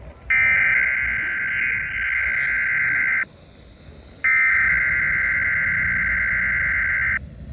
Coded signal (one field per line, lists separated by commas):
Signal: Emergency Alert System (SAME) tones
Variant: header bursts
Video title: Weekly & Monthly Tests (EAS #1565 - 1569)